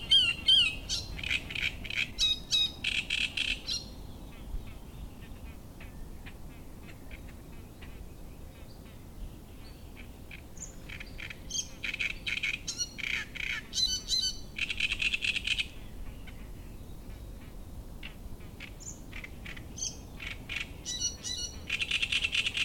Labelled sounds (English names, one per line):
Great Reed Warbler